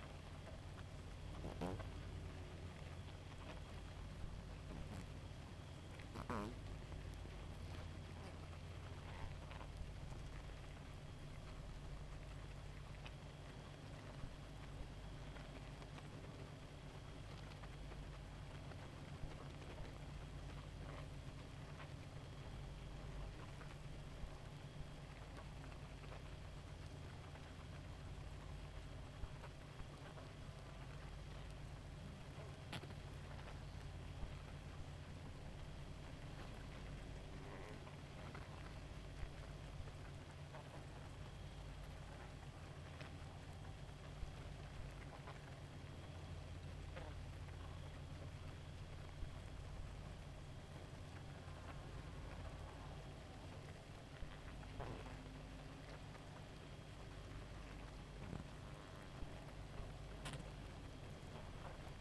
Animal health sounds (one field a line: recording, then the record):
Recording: honeybee colony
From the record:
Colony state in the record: active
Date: 28 July 2017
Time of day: 0:56